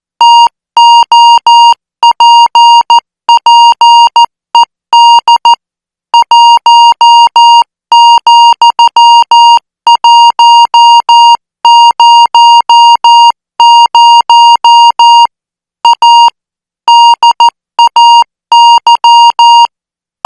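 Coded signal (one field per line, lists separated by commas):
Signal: Morse code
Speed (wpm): 14 wpm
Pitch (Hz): 940 Hz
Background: none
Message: TOPPED 1,100 A DAY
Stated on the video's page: Morse code practice signal at 14 words per minute for military signal school training.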